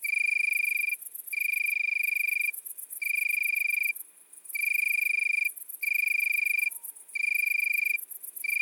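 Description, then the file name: Italian tree cricket song, a sweet high trill delivered in long bursts separated by brief silences, repeating evenly. Recorded at midnight at Le Puech, Cantal. "grillon-d Italie-a-minuit-Le-Puech-Cantal"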